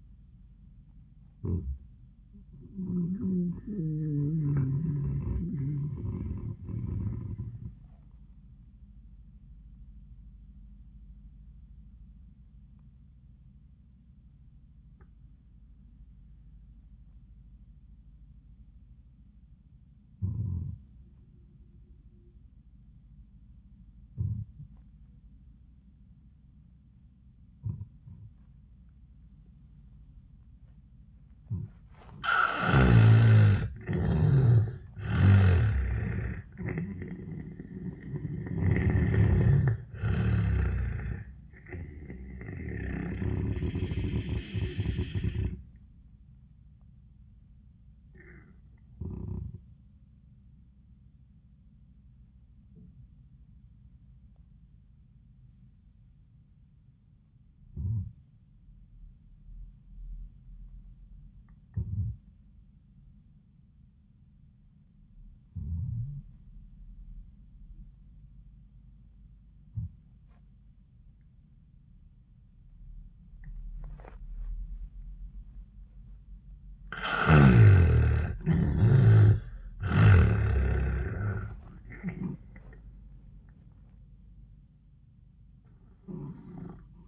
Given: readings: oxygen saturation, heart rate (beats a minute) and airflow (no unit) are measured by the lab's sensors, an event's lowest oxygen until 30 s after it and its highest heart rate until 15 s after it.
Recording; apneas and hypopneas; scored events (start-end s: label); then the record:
breathing in sleep by a smartphone at the bedside; 2
8.00-35.10 s: hypopnea (N1, oxygen 97% highest, then 80% lowest, heart rate 84 at the start, 88 highest)
15.00-75.00 s: new sleep stage, N2 (light sleep)
50.00-78.50 s: hypopnea (N2, oxygen 97% highest, then 82% lowest, heart rate 82 at the start, 96 highest)
75.00-87.08 s: new sleep stage, N1 (lightest sleep)
From the record:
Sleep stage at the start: N1 (lightest sleep); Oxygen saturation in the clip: 76 to 97%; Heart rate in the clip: 74 to 96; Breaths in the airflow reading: 14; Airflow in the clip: -24.8 to 13.5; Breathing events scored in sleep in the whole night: 400 in 8.7 hours asleep